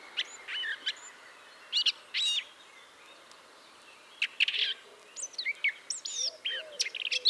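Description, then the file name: Eurasian blackcap: scattered bursts of high chirps and short warbled phrases separated by pauses, ending in a quicker run of notes, with faint low notes underneath. "Sylvia atricapilla"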